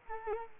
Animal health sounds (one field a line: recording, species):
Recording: mosquito wingbeat signal from an infrared sensor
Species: Culex quinquefasciatus